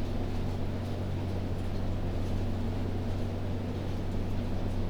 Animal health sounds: poultry house recording; no chicken sound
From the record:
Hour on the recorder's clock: 1

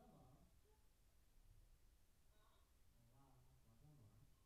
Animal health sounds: poultry house recording; no chicken sound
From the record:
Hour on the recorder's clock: 18

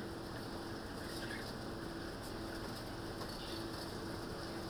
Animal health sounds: poultry house recording; healthy chickens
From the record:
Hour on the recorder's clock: 23

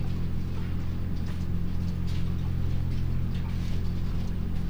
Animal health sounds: poultry house recording; sick chickens (respiratory disease)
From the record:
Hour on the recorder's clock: 19

